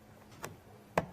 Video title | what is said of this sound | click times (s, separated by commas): The Craft Store UK Live on YouTube! | until it clicks i see yep and then if i take some blue here | 1.0 s